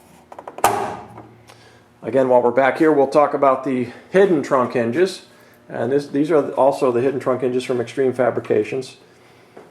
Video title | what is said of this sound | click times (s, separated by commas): Breeze Automotive Hood and Trunk Hinges | again a nice simple reliable setup and it snaps right in place | 0.7 s